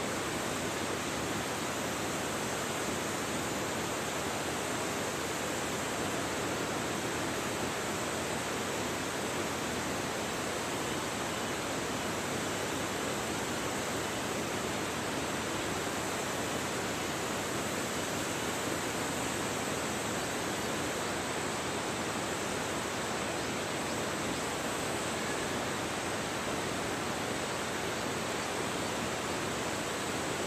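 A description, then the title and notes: A waterfall roars in a dense, unchanging rush of falling water, full from low rumble to bright hiss throughout. WHITE NOISE: Waterfall. The sounds of a waterfall.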